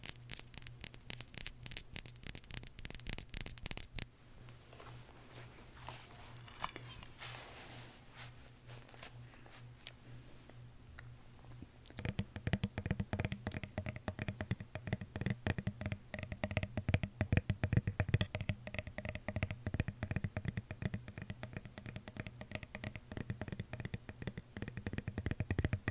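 Tapping, loud and quick at first, in a dense regular run of sharp bright taps for about four seconds. It then drops to sparse, softer clicks and scratchy sounds until around twelve seconds, when busy fast tapping returns and continues to the end over a low steady hum.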